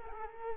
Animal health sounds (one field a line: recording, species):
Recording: mosquito wingbeat signal from an infrared sensor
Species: Culex quinquefasciatus